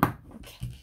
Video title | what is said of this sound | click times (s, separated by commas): 기저귀 파우치 만들기 | 딱 소리가 나게 잘 닫히는지 확인을 한번 해보세요. | 0.0 s